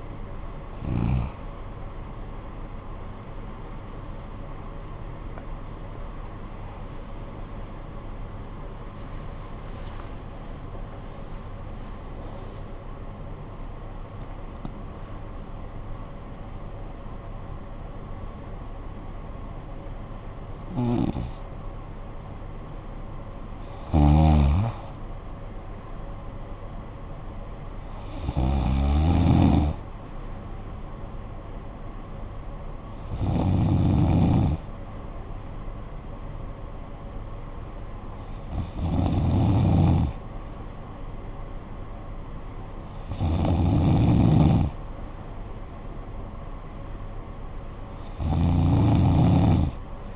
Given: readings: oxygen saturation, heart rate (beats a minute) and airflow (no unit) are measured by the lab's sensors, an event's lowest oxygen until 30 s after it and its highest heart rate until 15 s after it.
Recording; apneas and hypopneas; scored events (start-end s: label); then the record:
breathing in sleep by a smartphone at the bedside; 1
18.00-37.50 s: hypopnea (N2, oxygen 97% highest, then 93% lowest, heart rate 83 at the start, 83 highest)
24.00-50.16 s: new sleep stage, N1 (lightest sleep)
From the record:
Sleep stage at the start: N2 (light sleep); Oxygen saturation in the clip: 91 to 97%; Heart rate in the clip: 49 to 83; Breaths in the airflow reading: 11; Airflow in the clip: -9.8 to 11.7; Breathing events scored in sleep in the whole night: 445 in 7.6 hours asleep